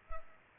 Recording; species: mosquito wingbeat signal from an infrared sensor; Culex pipiens